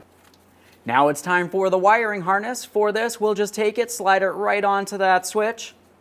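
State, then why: Not seated. A plastic wiring harness connector is being slid onto the transfer case four wheel drive switch of a 1994-2001 Dodge Ram 1500 while someone talks throughout. Nothing has seated or clicked yet; the connector is still being handled.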